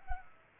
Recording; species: mosquito wingbeat signal from an infrared sensor; Culex pipiens